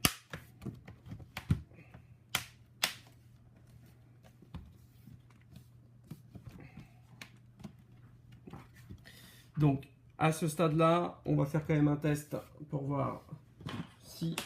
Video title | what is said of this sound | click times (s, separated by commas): Remplacement connecteur D'alimentation sur Portable | On clipse. Vous entendez les petits bruits bizarres ? Ça fait peur. | 0.0 s, 1.4 s, 2.3 s, 2.8 s, 7.2 s